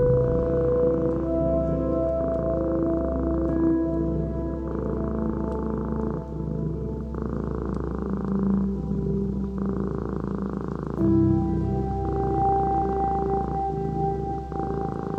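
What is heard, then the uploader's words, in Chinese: A cat purrs steadily, a deep continuous rumble that never drops out over the fifteen seconds. Faint humming tones sit on top, shifting in pitch every second or so in blocky steps, while the overall loudness stays nearly even. 本期加入猫咪呼噜声，在熟睡的猫咪旁沉浸于恬静的音乐中。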